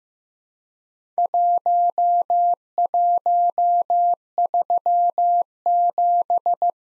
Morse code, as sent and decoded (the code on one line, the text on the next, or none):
.---- .---- ...-- --...
1137